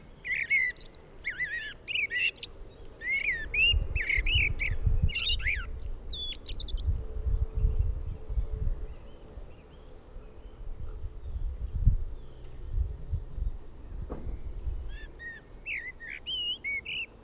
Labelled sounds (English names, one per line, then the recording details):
Common Blackbird song
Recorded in the wild
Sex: male
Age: adult
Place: Garmisch-Partenkirchen, Bayern, DE
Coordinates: 47.4883, 11.0697
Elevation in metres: 711
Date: 1967-04-02
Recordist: Tretzel, Erwin